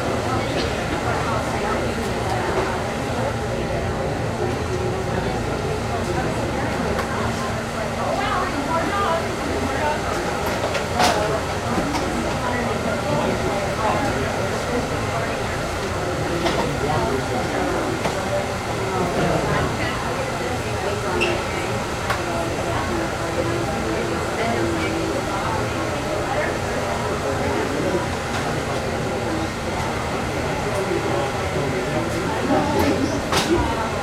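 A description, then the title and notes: Busy hair salon with a steady hum of overlapping voices and background machinery, punctuated by sharp clicks near eleven and thirty-three seconds. Welcome to the Hair Salon.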